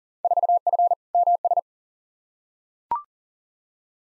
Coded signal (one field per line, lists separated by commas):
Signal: Morse code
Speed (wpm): 37 wpm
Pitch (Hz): 700 Hz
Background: none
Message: 4F MS